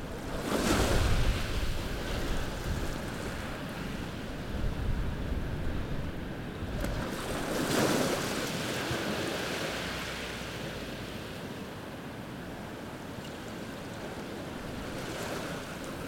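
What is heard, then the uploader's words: Waves crash on a black sand beach, with a steady rushing wash filling the whole clip. Louder surges arrive near the start and again around eight seconds, each a bright hissing swell, then the roar settles into a softer, even churn. Natural Soundscape - Crashing Waves. Black Sand Beach Depoe Bay, OR.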